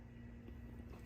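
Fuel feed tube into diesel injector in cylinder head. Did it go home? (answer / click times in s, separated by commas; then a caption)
no / none. A new high-pressure fuel feed tube is being handled and pushed into the cylinder head toward the diesel injector of a 5.9 Cummins, heard as a steady low hum with faint handling sounds. The tube has not seated or clicked into the injector yet.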